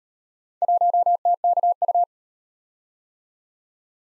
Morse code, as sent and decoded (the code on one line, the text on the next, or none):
.---- - -.- ..-
1TKU